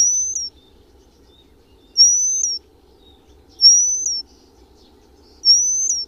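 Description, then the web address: Eurasian penduline tit song: four long, fine high-pitched whistles at steady intervals of under two seconds, each ending in a brief flick, over faint background hum. "agykontroll Madardalok Cd 3. Függőcinege"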